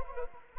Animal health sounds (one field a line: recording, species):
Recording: mosquito wingbeat signal from an infrared sensor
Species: Anopheles arabiensis